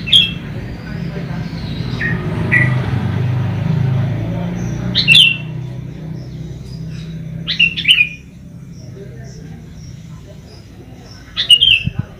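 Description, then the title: Sooty-headed bulbul song: short, bright, bubbly whistled phrases coming in scattered bursts, with long quiet gaps between them and a low background hum. "Kutilang"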